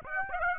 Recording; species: mosquito wingbeat signal from an infrared sensor; Aedes aegypti